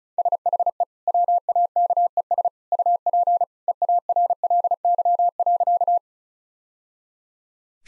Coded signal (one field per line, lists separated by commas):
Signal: Morse code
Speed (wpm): 36 wpm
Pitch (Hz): 700 Hz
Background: none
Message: SHE WAKES UP EARLY.